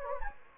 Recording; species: mosquito wingbeat signal from an infrared sensor; Anopheles gambiae